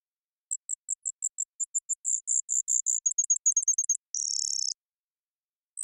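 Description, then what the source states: Brewer's sparrow song, high-pitched chips running into a fast trill that breaks into a dry buzz before a pause and another song begins. Several males singing or counter-singing in a high subalpine sagebrush meadow, Okanogan Mountains; sagebrush steppe bird of North America; mirthful, playful, bubbling voice; sings teetering on swaying sage stalk tips.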